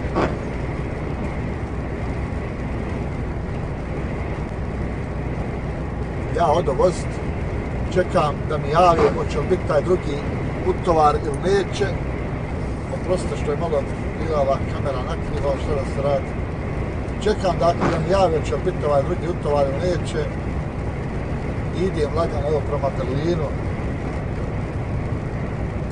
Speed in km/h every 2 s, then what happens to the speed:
88, 87, 87, 87, 87, 86, 87, 87, 87, 86, 86, 87, 87.
0-26 steady at about 87.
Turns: none.